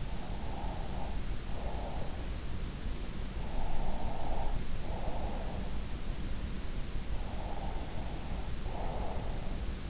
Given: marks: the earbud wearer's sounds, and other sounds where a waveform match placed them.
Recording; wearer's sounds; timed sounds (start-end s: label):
sounds in sleep by an in-ear microphone; breath
0.00-2.24 s: breath
3.46-5.83 s: breath
7.17-9.60 s: breath